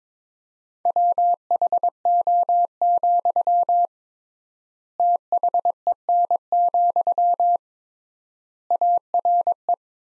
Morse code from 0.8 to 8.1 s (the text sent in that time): WHO, THEN,